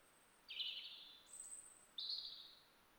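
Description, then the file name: European robin song, thin high warbled phrases near the top of the range, three short bursts within three seconds over faint background hiss. "Erithacus rubecula"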